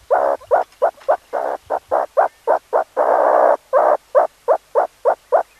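Meerkat calls: short harsh notes repeated rapidly, about three to four per second, broken by one longer drawn-out call midway, then resuming the quick series.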